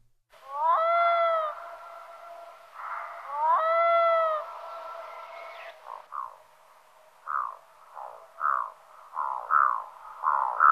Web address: Songs of Birds of North America Stokes. Arctic Loon